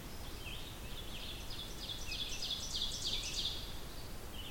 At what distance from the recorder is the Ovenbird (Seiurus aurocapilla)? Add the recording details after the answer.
about 45 m. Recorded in boreal forest in Alberta, Canada, on 20 June 2016 at 08:28. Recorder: SongMeter 3, array SBT-6-81. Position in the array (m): 145 m, 203 m. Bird 25